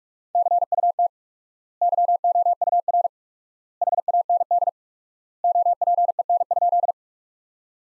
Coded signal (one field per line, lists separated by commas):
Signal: Morse code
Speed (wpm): 47 wpm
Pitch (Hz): 700 Hz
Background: none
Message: CUT YOUR HAND OPEN?